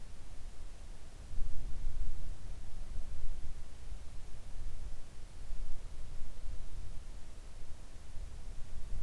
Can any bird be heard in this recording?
no